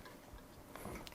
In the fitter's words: that's now locked into place.